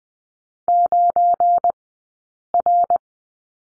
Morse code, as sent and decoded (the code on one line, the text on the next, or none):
----. .-.
9R